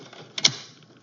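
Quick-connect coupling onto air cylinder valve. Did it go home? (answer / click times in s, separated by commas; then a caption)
yes / 0.4 s. An SCBA high-pressure quick-connect coupling is pressed onto the air cylinder valve. A sharp snap at 0.4 s is followed by a louder, bright metallic click at 0.5 s, then faint rustling. The coupling is seated on the cylinder.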